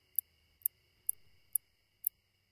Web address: The Songs of Insects. Northern Bush Katydid